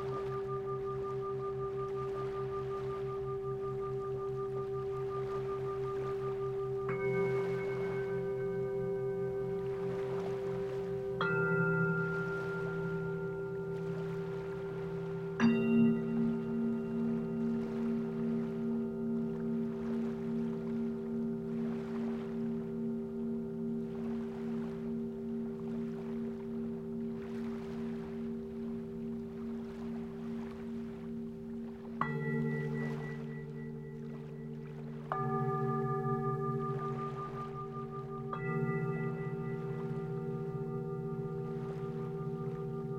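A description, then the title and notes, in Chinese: Singing bowls ring in long, sustained tones, with fresh strikes layering new pitches around 7, 11, 15, 32, 35 and 38 seconds. Each strike blooms and hangs with a slow pulsing shimmer. Beneath them, a soft wash of waves rolls steadily throughout. 海屿音浪 颂钵舒眠。在海边。背景里的海浪声和颂钵皆为现场收音。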